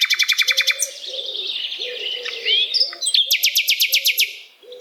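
Bird delivers a fast, even trill, a brief warbled passage, then another rapid trill; faint low hooting notes sound steadily underneath.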